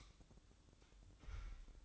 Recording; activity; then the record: daily activity, microphone in the room; light off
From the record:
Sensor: 3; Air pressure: 1007.9 hPa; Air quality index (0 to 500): 105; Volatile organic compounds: 1 ppm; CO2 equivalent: 879 ppm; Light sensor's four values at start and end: 15/42/18/16 and 9/22/9/9